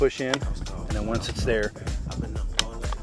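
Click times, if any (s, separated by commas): 2.6 s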